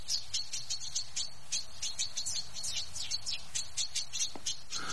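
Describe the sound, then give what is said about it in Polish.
Chaffinch song recorded by Tomasz Ogrodowczyk: rapid runs of bright, high chirping notes repeat steadily over a low, rumbling background, with no voices. “Te zięby, znaczy.”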